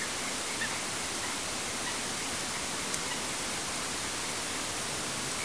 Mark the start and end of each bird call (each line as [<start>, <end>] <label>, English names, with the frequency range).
[0.00, 0.05] Eurasian Coot (1.7-1.9 kHz)
[0.60, 0.68] Eurasian Coot (1.6-3.0 kHz)
[1.22, 1.27] Eurasian Coot (0.9-2.2 kHz)
[1.84, 1.92] Eurasian Coot (0.9-2.1 kHz)
[3.10, 3.14] Eurasian Coot (0.8-3.3 kHz)